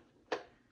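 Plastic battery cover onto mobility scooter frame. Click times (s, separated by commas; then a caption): 0.3 s. A plastic battery cover is pushed down onto the frame of a 2023 EV Rider Auto Fold Plus mobility scooter after the battery wires are tucked inside. A single sharp, bright snap lands at 0.3 s and fades quickly against a quiet background. The cover snaps into place and is seated.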